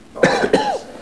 People cough.